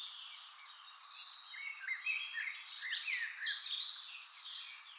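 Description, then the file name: European robin with a soft, rambling song of thin high notes building into brighter, sharper warbles in the second half. "Erithacus rubecula"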